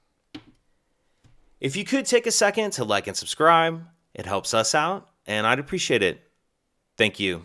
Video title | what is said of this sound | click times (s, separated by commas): 2017 - 2019 JAGUAR F-PACE Key Fob Battery Replacement - How To Replace Change Remote Batteries DIY | like that and then slide down just that little bit to lock into place | 0.4 s